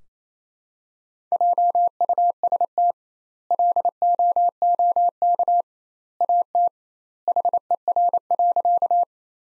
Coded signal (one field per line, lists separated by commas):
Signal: Morse code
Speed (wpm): 28 wpm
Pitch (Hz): 700 Hz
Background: none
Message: JUST LOOK AT HER.